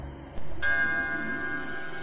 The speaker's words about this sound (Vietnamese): Tiếng chuông đồng hồ quả lắc từ nhà trên vọng xuống, đếm đúng 12 tiếng, giờ tí đã điểm.